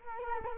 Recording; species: mosquito wingbeat signal from an infrared sensor; Culex quinquefasciatus